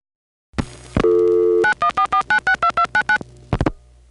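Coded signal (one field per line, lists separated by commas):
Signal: DTMF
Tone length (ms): 90 ms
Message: 9144962299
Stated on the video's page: Multi-frequency trunk signalling on a call from NYC to a senderized step-by-step office in Chester NY, 1977.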